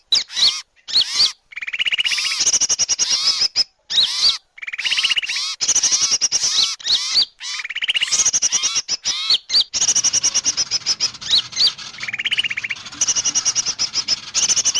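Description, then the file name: Bird sounds in choppy bursts: rapid chattering notes, buzzy rattling trills and bright whistles, with abrupt gaps between sections. Indonesian bird lure call (pikat), titled 'a thousand birds'. "pikat-1000-burung"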